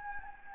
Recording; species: mosquito wingbeat signal from an infrared sensor; Anopheles gambiae